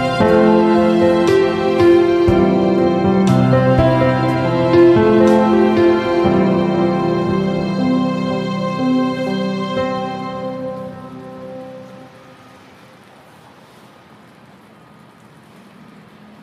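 Nature music with sustained, layered chords and a few bright struck notes early on, fading out near eleven seconds into a faint hiss.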